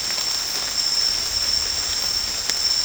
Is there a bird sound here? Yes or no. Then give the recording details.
no. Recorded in secondary vegetation near Puerto Asís, Putumayo, Colombia, on 13 March 2025 at 22:30. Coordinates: 0.484, -76.319. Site G010